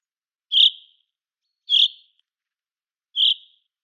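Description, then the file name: Common chaffinch giving three crisp, high single calls, each quickly falling away, repeated about every one and a quarter to one and a half seconds. "Fringilla coelebs"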